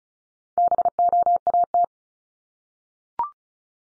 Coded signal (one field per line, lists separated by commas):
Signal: Morse code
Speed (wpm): 36 wpm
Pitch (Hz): 700 Hz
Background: none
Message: BOAT